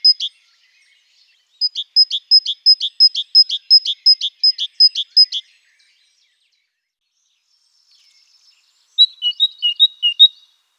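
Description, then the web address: Great Tit song: a fast run of bright paired notes repeated many times, a pause, then a shorter burst of lower two-note phrases. "birdify. parus major"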